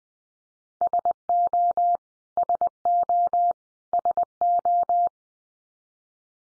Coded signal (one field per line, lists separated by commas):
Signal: Morse code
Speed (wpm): 20 wpm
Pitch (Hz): 700 Hz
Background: none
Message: SO SO SO